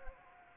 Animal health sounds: mosquito wingbeat signal from an infrared sensor; Anopheles gambiae

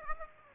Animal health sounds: mosquito wingbeat signal from an infrared sensor; Aedes aegypti

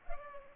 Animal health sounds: mosquito wingbeat signal from an infrared sensor; Culex pipiens

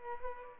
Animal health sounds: mosquito wingbeat signal from an infrared sensor; Culex pipiens

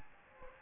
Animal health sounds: mosquito wingbeat signal from an infrared sensor; Anopheles gambiae

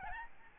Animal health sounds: mosquito wingbeat signal from an infrared sensor; Aedes albopictus

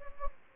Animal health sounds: mosquito wingbeat signal from an infrared sensor; Anopheles gambiae

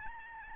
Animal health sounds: mosquito wingbeat signal from an infrared sensor; Aedes albopictus

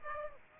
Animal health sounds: mosquito wingbeat signal from an infrared sensor; Aedes aegypti

